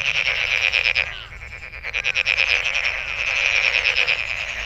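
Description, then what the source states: Dense frog chorus of quick, rattling pulsed calls, slightly quieter in the middle before growing stronger again. Recorded 23 May 2008.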